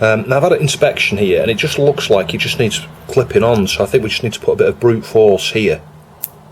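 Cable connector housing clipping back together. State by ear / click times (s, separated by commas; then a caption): seated / 6.2 s. Someone talks while forcing a partly unclipped cable connector housing inside an Acorn A440/1 Archimedes back together by hand. A sharp click sounds at 6.2 s as the housing clips back together and seats.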